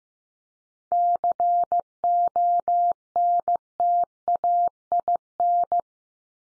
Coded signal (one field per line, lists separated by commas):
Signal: Morse code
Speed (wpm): 15 wpm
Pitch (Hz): 700 Hz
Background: none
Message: CONTAIN